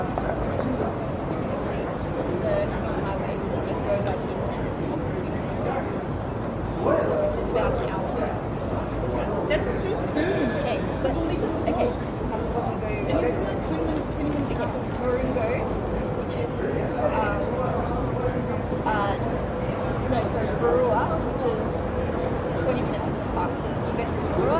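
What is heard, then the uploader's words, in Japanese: City noise around Sydney's Town Hall: a steady, dense wash of traffic rumble and overlapping voices at an even level throughout. Sharp clicks and clatters pop up now and then, and a drawn-out mid-pitched whine runs from about 15 to 22 seconds. シドニー市内 Townhall の騒音。そのメインストリートのGeorge street にて行き交う人々を眺めながらゆっくり過ごします。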